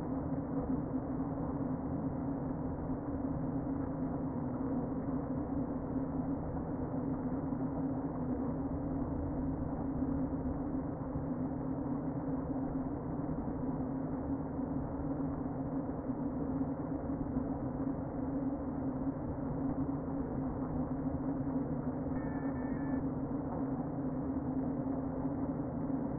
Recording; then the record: honeybee colony, microphone inside the hive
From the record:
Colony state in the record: queen present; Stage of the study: before two queens were removed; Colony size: about 60,000 bees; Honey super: yes